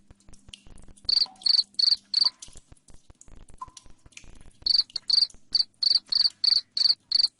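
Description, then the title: Cricket chirps in two bursts of regular high pulses, separated by a quieter stretch with soft clicks and brief faint tones. Loud cricket chirping, used to make lovebirds keep trilling. "Suara JANGKRIK NGERIK Keras Bikin LOVEBIRD Jadi NGEKEK Terus"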